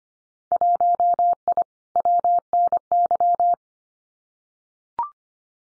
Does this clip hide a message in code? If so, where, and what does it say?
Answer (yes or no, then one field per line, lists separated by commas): yes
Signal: Morse code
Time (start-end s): 0.5-3.5 s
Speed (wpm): 25 wpm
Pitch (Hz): 700 Hz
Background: none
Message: 1I WNY